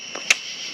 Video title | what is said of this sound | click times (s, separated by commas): Motor swap on my W124 Mercedes Wagon (part 4: install motor and receive parts) | And you heard that little click that you know that is seated in there properly. | 0.3 s